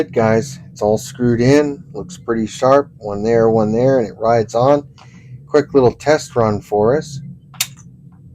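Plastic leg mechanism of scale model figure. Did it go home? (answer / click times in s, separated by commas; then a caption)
yes / 7.6 s. Someone talks while testing the assembled, screwed-in plastic leg mechanism of a Fanhome RoboCop scale model figure (issue 44). The part swings out and a sharp click at 7.6 s marks it locking out in the extended position.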